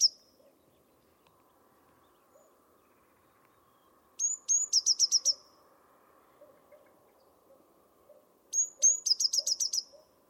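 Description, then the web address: Bird song: high whistled notes running into a rapid ringing trill, two full phrases, over faint low background noise. Bird-only audio from a 2025 bird dataset. "cianscape birddata Deverinetal 2025 File origin Bird Only Cy Ca"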